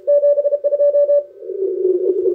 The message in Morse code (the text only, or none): 72